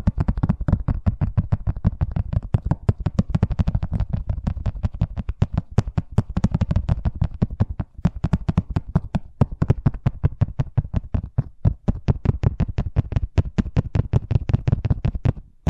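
Fast tapping runs steadily for the whole sixteen seconds, a dense, quick train of sharp clicks several per second. Each tap has a dull low thump under a crisp top. Brief gaps break the rhythm near eight and twelve seconds, and it stops abruptly at the end.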